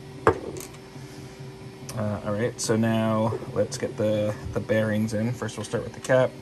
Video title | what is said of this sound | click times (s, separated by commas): StarCaster Animated Fidget Spinner - Assembly | And that just pops right in. | 0.3 s